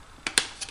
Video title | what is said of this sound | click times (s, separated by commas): Dreo 42 Inch Wifi Smart Tower Fan!!! Unboxing And Linking To App | I don't know if you heard that snap or not but it snaps right in place | 0.4 s